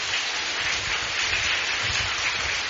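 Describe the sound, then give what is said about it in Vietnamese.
Steady, dense crackle of many hands clapping as an audience applauds at a speaker's call during a talk, a broad hissing wash that holds at an even level for a few seconds with no voices over it. “Cho một tràng pháo tay đến với cái thứ 7.”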